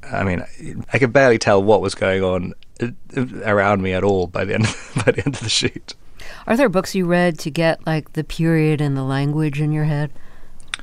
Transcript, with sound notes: I mean, I could barely tell what was going on around me at all by the end of the shoot (laughter).
Are there books you read to get, like, the period and the language in your head?